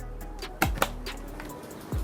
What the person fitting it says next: Click, click.